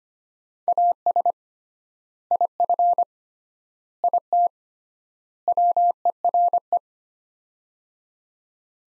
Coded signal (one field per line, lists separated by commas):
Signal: Morse code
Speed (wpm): 25 wpm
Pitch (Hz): 700 Hz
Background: none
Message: AS IF IT WERE